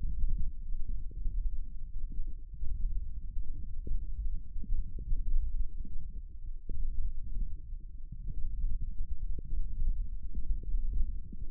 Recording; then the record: forearm muscle sounds (acoustic myography)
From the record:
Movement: ulnar deviation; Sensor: system 1, eight BSWA MPA416 microphones around the upper forearm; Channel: 8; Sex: male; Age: 18 years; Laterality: right